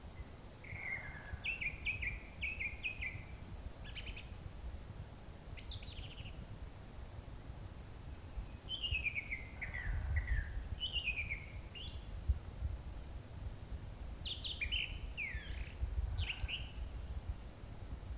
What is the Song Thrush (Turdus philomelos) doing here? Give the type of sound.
song